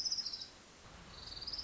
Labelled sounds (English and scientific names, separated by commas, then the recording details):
Orange-crowned Warbler (Leiothlypis celata)
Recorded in Sonoma County, California